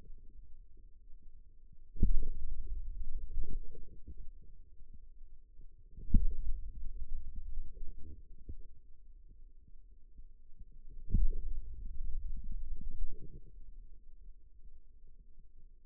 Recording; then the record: forearm muscle sounds (acoustic myography)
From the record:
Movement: pen grasping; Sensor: system 2, bracelet of six BSWA MPA416 microphones around the upper forearm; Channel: 3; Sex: male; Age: 22 years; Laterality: right